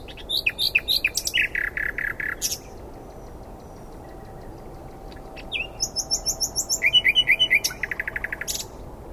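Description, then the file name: Common nightingale singing rich phrases, clicks and whistled notes followed by rapid repeated pulsed trills, a quiet gap in the middle. "Luscinia megarhynchos"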